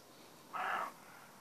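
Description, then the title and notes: Roe deer giving a single short, rough, breathy bark lasting under half a second. Young roe deer buck barking in the morning, trying to draw four does hesitant to leave cover into a meadow; Donzenac, Corrèze, France. "Donzenac, Corrèze, France - brame de chevreuil. Un jeune chevreuil, par son brame matinal, cherche à attirer dans le pré 4 chèvres qui hésitent à quitter le couvert"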